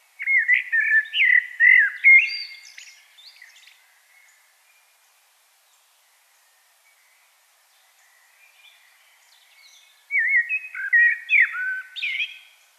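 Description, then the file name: Common blackbird song in two bursts of fast, mellow warbled phrases with higher twittering notes, separated by a long near-silent gap. "Turdus merula"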